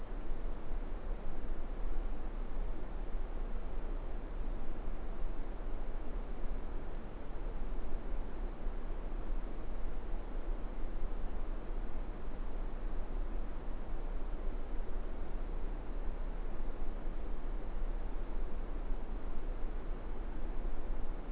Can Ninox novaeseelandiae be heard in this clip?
no